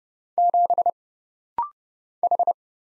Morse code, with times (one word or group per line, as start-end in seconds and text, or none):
0.4-0.9 7
2.2-2.5 H